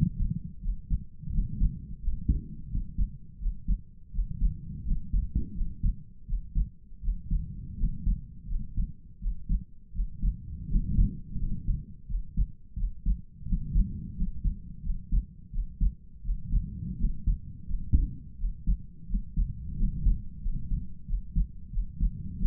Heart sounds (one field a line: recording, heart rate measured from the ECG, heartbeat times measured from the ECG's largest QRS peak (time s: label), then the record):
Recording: heart sounds by stethoscope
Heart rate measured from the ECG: 85 bpm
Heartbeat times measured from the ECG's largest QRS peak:
0.60 s: heartbeat
1.30 s: heartbeat
2.00 s: heartbeat
2.68 s: heartbeat
3.38 s: heartbeat
4.11 s: heartbeat
4.83 s: heartbeat
5.53 s: heartbeat
6.25 s: heartbeat
7.00 s: heartbeat
7.76 s: heartbeat
8.46 s: heartbeat
9.19 s: heartbeat
9.92 s: heartbeat
10.67 s: heartbeat
11.37 s: heartbeat
12.06 s: heartbeat
12.75 s: heartbeat
13.44 s: heartbeat
14.14 s: heartbeat
14.81 s: heartbeat
15.50 s: heartbeat
16.22 s: heartbeat
16.96 s: heartbeat
17.66 s: heartbeat
18.36 s: heartbeat
19.06 s: heartbeat
19.75 s: heartbeat
20.40 s: heartbeat
21.05 s: heartbeat
21.70 s: heartbeat
22.37 s: heartbeat
From the record:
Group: healthy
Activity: rest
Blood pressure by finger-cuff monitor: 90/64 mmHg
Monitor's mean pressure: 70 mmHg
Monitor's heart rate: 85 bpm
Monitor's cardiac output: 5.2 L/min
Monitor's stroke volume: 62 mL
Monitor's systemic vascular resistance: 950 dyn s/cm5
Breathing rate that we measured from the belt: 20 breaths a minute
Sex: male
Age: 22 years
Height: 181 cm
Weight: 60 kg